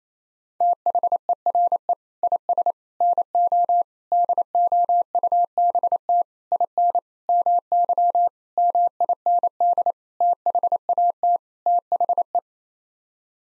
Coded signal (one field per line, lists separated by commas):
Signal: Morse code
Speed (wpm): 28 wpm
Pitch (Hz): 700 Hz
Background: none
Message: THERE IS NO DOUBT IN MY MIND THAT THE